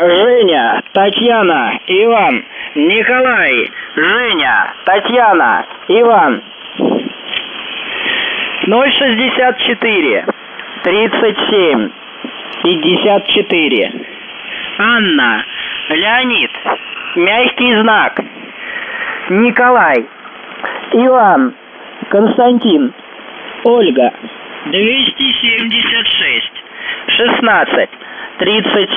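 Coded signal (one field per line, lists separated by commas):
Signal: numbers station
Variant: UVB-76, Russian voice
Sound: russian voice reading spelling-alphabet names and number groups over radio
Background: radio static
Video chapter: 02:54 fake message by pirate 1401z (January 22nd)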